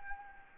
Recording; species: mosquito wingbeat signal from an infrared sensor; Anopheles gambiae